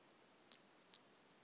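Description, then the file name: Pumpkin toadlet calling, two sharp, very high-pitched chirps about half a second apart over quiet background. "Brachycephalus albolineatus"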